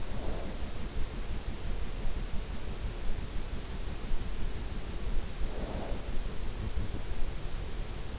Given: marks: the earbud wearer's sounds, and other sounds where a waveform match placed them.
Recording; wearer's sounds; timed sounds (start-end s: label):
sounds in sleep by an in-ear microphone; snoring breath
0.00-0.68 s: snoring breath
5.40-6.08 s: snoring breath